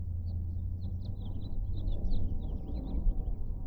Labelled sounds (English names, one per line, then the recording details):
House Finch song
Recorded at Atlantic Beach West on Long Island, New York, on 2 June 1975
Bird B